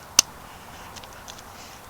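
A terminal screw on a replacement extension-cord plug is tightened down on the neutral wire, with one sharp, bright click at 0.2 s. A few much fainter ticks follow around 1.0 s and 1.3 s over quiet background hiss. The click is a good sign that the screw has seated on the wire.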